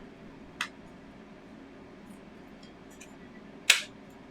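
Laser-cut acrylic hot air balloon arm pieces are wiggled down with firm, even pressure into the slots of a slotted crisscross frame. A sharp snap is heard at 0.6 s, a faint tick near 3.0 s, and a louder, sharper snap at 3.7 s. The acrylic pieces snap into place and are seated.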